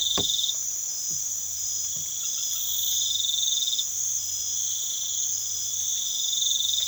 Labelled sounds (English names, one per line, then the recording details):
none
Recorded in pastures near Puerto Asís, Putumayo, Colombia, on 12 March 2025 at 01:30
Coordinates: 0.487, -76.322
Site G077